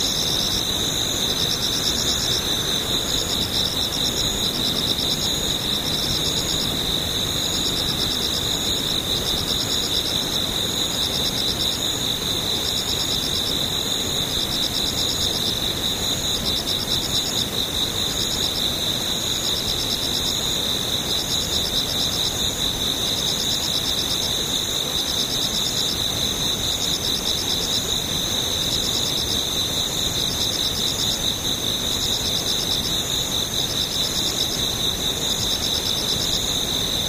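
Insects sing without pause, a steady high shrill tone layered with a fast, regular pulsing trill above it, over faint low background rumble.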